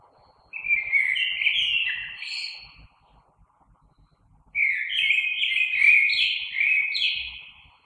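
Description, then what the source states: Common blackbird delivering two rich fluted phrases, the second longer and more varied, separated by a quiet gap of nearly two seconds. Recorded 3 March 2020.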